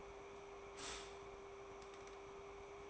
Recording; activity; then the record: daily activity, microphone in the room; stop toaster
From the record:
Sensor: 1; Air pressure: 1014.7 hPa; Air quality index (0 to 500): 198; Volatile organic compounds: 32 ppm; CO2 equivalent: 3003 ppm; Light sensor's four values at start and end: 4/8/3/3 and 4/8/3/3